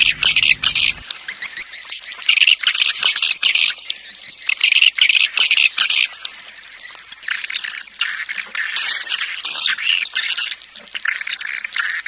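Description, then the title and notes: Swiftlet calls as fast, high, rattling chirps in clustered bursts, with a low hum in the opening second and steady twittering afterwards. Swiftlet sound used for swiftlet farming in Asia. "Swiflet Bird Sound. Farming Swiflet Bird asia sound"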